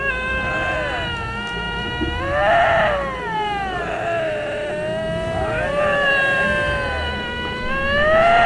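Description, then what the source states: Canada lynx yowling: long, wavering, moaning cries that rise and fall in pitch, drawn out over several seconds. Recording played back as a quiz sound.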